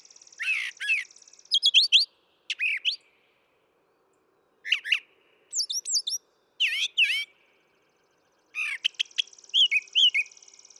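Brown thrasher song: varied slurred and buzzy phrases delivered in separate bursts with pauses, some high steady buzzy tones, loud and clear throughout.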